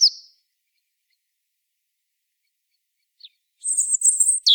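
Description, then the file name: European robin, a brief high note, then silence, ending with the start of a high thin whistled trill. "Erithacus rubecula"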